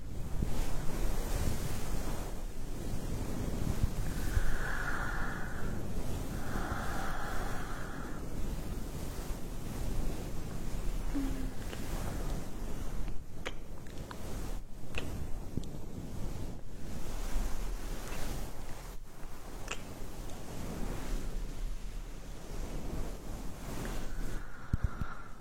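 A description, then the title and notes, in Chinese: An ear massage: a dense, steady rubbing rush, heavy in the low end and whooshing like wind or surf. Two brief higher hums sound between about 4 and 8 seconds, and sharp taps and scrapes appear around 13–15, 19 and 25 seconds. 按摩耳朵刺激大脑。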